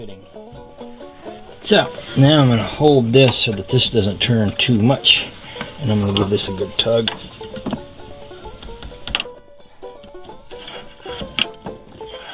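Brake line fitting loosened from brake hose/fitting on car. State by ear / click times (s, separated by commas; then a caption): released / 11.4 s. On a 1961 Chrysler front disc brake conversion, one part is held so it won't turn while a wrench gives a seized steel brake line fitting on the brake hose a hard tug. Someone talks, and then a sharp metallic click at 11.4 s shows the fitting breaking free and popping loose.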